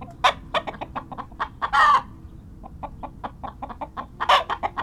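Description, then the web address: Chicken clucking in quick short repeated notes, several per second, broken by three louder, harsher squawks. Clucks and squawks. "Tom Hutchings Chicken Cluck and Squawks"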